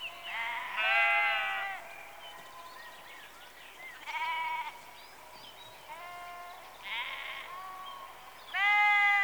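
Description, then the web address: Sheep bleating, several wavering harmonic bleats spaced a few seconds apart, the last one loud. Rural exterior atmosphere in early evening, with sheep recorded close. "Sound Effects Library Exterior Atmospheres-Rural Backg Sheep Early Evening- Close"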